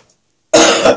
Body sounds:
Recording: coughing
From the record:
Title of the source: Cough Around the Clock!

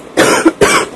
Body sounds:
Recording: coughing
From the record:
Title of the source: 31 night wet cough

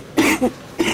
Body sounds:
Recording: coughing mixed with background sound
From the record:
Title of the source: 61 morning phlegmy cough...again

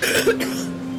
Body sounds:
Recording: coughing mixed with background sound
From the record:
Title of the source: 30 Chesty and wet cough

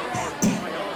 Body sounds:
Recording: coughing mixed with background sound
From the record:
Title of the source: Spring Cold Coughing.

